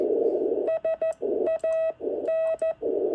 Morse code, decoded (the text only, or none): SAN